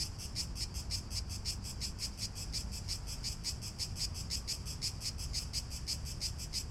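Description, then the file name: Cricket chirping in rapid high-pitched pulses, several per second at an even pace, over a low rumble. Recorded in Athens. "Athens Cicadas Crickets"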